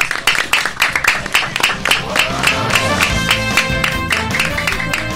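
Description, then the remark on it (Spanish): A group applauds themselves at the end of a session on the Hora Libre en el barrio school radio program, clapping in steady unison, roughly three sharp claps per second, loud and even, with a sustained tonal layer like music or voices underneath. “A ver, ¿nos organizamos para hacernos un aplauso a todos?”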